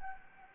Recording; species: mosquito wingbeat signal from an infrared sensor; Anopheles gambiae